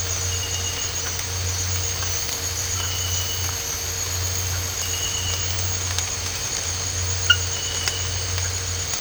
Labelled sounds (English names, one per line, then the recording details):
none
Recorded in dense forest near Puerto Asís, Putumayo, Colombia, on 8 March 2025 at 02:30
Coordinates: 0.468, -76.322
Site GP01